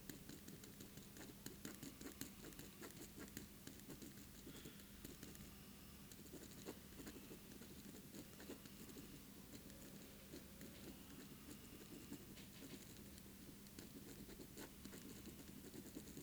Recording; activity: daily activity, guitar pickup as the sensor; write